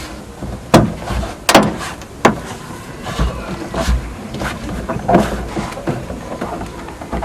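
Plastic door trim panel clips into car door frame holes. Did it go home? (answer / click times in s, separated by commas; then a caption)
yes / 0.7 s, 1.5 s, 2.2 s. A plastic door trim panel on a Honda CR-V 3 is pressed against the car door so its plastic clips snap into their holes in the door frame. Three sharp, loud clicks ring out at 0.7, 1.5 and 2.3 seconds as the clips seat, followed by a few softer knocks and handling sounds at 5.1, 5.9 and 6.4 seconds.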